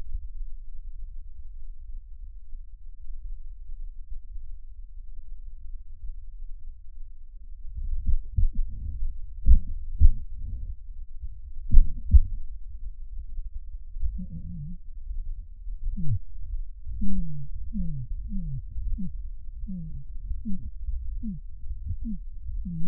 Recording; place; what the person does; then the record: lung sounds by stethoscope; left posterior basal chest; quiet breathing, then cough and speech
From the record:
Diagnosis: interstitial lung disease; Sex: male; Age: 82 years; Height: 158 cm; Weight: 49 kg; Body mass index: 19.6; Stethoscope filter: bell mode